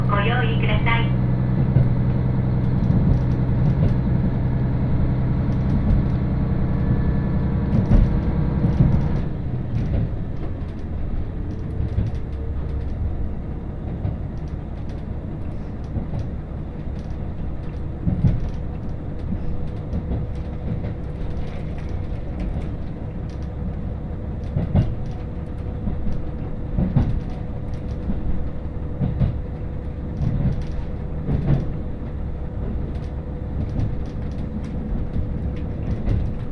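A train ride on the Hakodate Main Line's Sawara branch, heard from inside the car as the train rolls along with a steady low rumble. The first nine seconds are louder, with a tonal whine, then the rumble settles lower, with regular clicks of wheels over rail joints and a faint steady hum.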